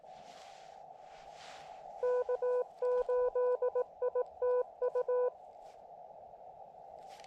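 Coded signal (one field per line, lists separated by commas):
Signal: Morse code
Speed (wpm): 18 wpm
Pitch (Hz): 500 Hz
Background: none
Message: K8ITU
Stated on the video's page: CW on a combined park and summit activation from an Elecraft KX2 with a BaMaTech TP-III key and AX1 vertical antenna on a tripod with two radials; contacts included England, Northern Ireland, Italy.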